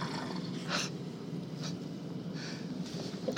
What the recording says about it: To the backdrop of what can only be described as the loudest snorer i have ever heard. I'm on a train at the moment and between Orpington and London Charing Cross.